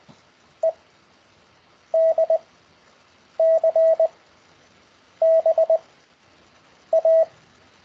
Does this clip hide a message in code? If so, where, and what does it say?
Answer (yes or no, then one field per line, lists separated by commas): yes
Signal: Morse code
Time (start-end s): 0.6-7.2 s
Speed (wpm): 20 wpm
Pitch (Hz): 650 Hz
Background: none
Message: E D C B A